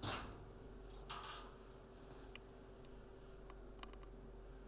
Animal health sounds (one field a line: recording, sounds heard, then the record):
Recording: poultry house recording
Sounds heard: no chicken sound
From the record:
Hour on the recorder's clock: 9